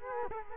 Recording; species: mosquito wingbeat signal from an infrared sensor; Culex quinquefasciatus